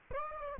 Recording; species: mosquito wingbeat signal from an infrared sensor; Aedes aegypti